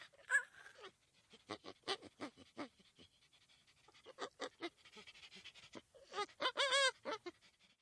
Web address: chimpanzee crying